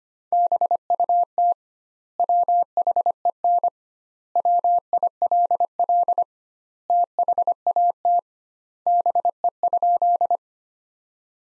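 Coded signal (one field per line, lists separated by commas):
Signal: Morse code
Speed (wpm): 25 wpm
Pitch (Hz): 700 Hz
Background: none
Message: BUT WHEN WILL THAT BE?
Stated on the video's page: Morse practice sentences from the top 100 words at 25 wpm with 2x standard word spacing, a Farnsworth-like method applied to words.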